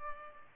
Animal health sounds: mosquito wingbeat signal from an infrared sensor; Culex pipiens

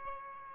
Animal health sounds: mosquito wingbeat signal from an infrared sensor; Aedes albopictus

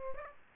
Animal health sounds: mosquito wingbeat signal from an infrared sensor; Aedes aegypti

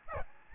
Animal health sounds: mosquito wingbeat signal from an infrared sensor; Aedes albopictus

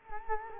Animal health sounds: mosquito wingbeat signal from an infrared sensor; Culex quinquefasciatus

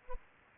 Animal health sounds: mosquito wingbeat signal from an infrared sensor; Anopheles arabiensis

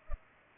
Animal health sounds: mosquito wingbeat signal from an infrared sensor; Culex pipiens

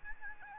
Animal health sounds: mosquito wingbeat signal from an infrared sensor; Aedes albopictus

